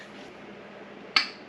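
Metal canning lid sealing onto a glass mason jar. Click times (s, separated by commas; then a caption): 1.2 s. A metal canning lid on a hot glass mason jar, cooling in a steam canner with its lid tilted, pulls down and seals with a single sharp pop at 1.2 s. A bright, brief click stands out over quiet low background hiss, and the lid is sealed.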